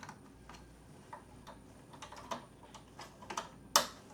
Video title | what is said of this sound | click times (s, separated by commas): How To Hoop A Hat For Embroidery! Using The Smartstitch S-1201 And The S-1001 Embroidery Machines | You hear that snap? Make sure it snaps. | 3.8 s